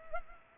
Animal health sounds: mosquito wingbeat signal from an infrared sensor; Culex pipiens

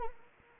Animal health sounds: mosquito wingbeat signal from an infrared sensor; Anopheles arabiensis

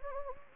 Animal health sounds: mosquito wingbeat signal from an infrared sensor; Anopheles gambiae

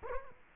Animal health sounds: mosquito wingbeat signal from an infrared sensor; Culex quinquefasciatus

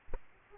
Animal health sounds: mosquito wingbeat signal from an infrared sensor; Aedes aegypti

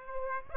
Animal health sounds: mosquito wingbeat signal from an infrared sensor; Aedes aegypti

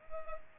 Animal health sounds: mosquito wingbeat signal from an infrared sensor; Culex pipiens

